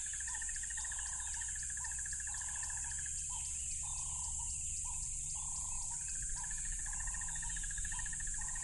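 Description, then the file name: Crickets hum continuously at high pitch, with a fast rhythmic pulsing chirp layered above repeated lower bursts from another caller and a rumbling background. Loud crickets by a tropical river. "smartsound ATMO NATURE Tropical River Loud Crickets"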